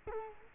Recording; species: mosquito wingbeat signal from an infrared sensor; Culex quinquefasciatus